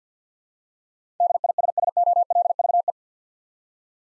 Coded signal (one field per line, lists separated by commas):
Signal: Morse code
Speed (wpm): 50 wpm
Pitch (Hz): 700 Hz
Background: none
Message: DISSOLVE